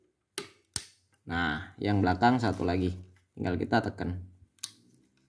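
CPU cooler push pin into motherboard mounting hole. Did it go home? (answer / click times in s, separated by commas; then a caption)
yes / 4.6 s. Someone talks while pressing the last rear push pin of a CPU cooler into its motherboard mounting hole. Sharp clicks sound near 0.4 s and 0.8 s, and after the talking stops a click at 4.6 s marks the pin seating, confirming the cooler is mounted.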